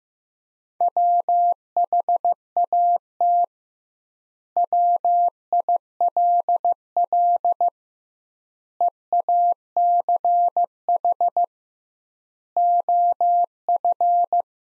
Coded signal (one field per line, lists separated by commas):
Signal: Morse code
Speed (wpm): 15 wpm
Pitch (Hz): 700 Hz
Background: none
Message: WHAT WILL EACH OF